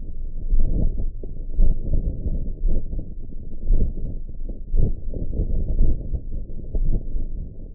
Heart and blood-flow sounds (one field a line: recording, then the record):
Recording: heart sounds by optical stethoscope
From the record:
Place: aortic valve (AV)